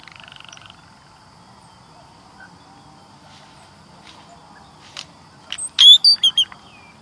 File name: canto da irauna grande